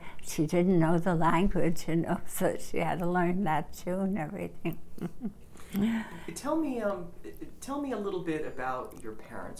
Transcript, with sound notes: She didn't know the language, you know, so she had to learn that. She learned everything. (she laughs)
Tell me, tell me a little bit about your parents.